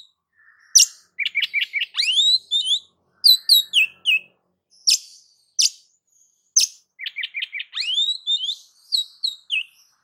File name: Suara Kacer